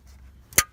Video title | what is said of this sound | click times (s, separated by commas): Replacing Climate Control Unit in a 2000 GMC Sierra 1500 | click in place and | 0.6 s